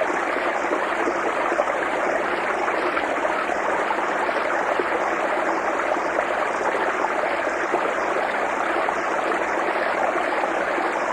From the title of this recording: Mountain Streams